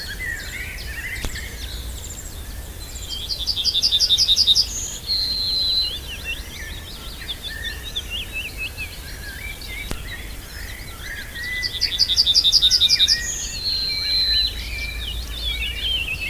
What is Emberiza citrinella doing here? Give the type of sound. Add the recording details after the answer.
song. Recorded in the wild. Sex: male. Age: adult. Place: Lübars (Fließtal), Berlin, DE. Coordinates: 52.6167, 13.35. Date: 2000-05-01 13:24. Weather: bedeckt, windstill, ca. 24°C. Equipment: Nagra SN, Kopie Uher 4000 Report Monitor. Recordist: Tembrock, Günter